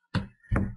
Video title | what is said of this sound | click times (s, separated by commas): Samsung NC110 Netbook Screen Replacement Procedure | once you hear snapping sounds that's a good sign | 0.2 s, 0.6 s